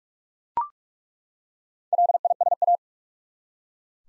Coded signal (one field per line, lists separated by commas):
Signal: Morse code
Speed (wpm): 41 wpm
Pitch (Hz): 700 Hz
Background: none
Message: LISA